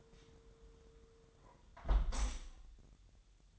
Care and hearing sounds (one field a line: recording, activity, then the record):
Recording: daily activity, microphone in the room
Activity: close window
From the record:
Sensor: 3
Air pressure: 999.8 hPa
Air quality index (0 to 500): 220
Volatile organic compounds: 82 ppm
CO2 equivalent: 3621 ppm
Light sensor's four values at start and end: 10/22/9/9 and 9/22/9/9